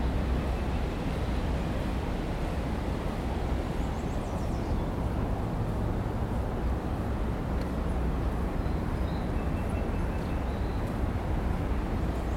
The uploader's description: collage of sounds from Oregon